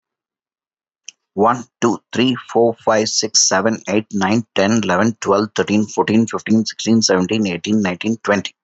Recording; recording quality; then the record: counting at a fast pace; excellent, no background noise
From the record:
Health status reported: healthy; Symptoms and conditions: none ticked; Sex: male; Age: 54 years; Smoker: not ticked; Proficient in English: yes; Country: India